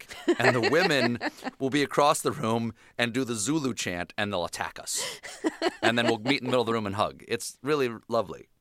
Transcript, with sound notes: and the women will be across the room and do the "Zulu" chant, and they'll attack us.
(LAUGHTER)
And then we'll meet in the middle of the room and hug. It's really lovely.